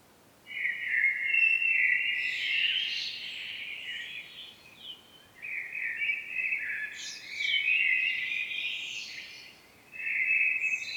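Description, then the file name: Common blackbird song: sustained warbling phrases with stepped pitch shifts and brief higher twitters, in long bursts separated by short pauses. "Turdus merula"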